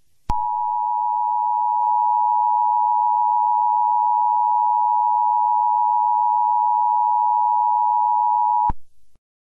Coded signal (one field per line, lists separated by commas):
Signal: Emergency Alert System (SAME) tones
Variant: 853 and 960 Hz attention tone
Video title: Classic Caillou Makes A Fake Tornado Warning / Grounded BIG TIME